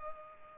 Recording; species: mosquito wingbeat signal from an infrared sensor; Culex pipiens